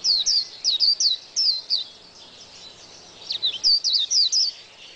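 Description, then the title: White-eye: short series of high, clear chirping notes, a quiet gap, then a few more quick twittering notes over faint background hiss. "Pleci"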